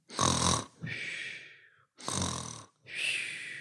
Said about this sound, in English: That is an example of snoring.